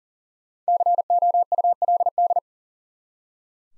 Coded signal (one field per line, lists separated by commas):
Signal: Morse code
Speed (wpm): 40 wpm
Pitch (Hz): 700 Hz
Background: none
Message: COULD